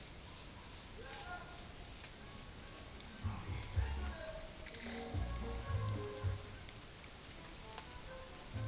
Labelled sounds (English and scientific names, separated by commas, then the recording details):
none
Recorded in dense forest near Puerto Asís, Putumayo, Colombia, on 29 June 2025 at 12:00
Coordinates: 0.503, -76.323
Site G059